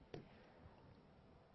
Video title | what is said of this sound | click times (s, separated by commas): Tracheostomy Care | And when you go clockwise, you will actually hear it click and lock. | 0.1 s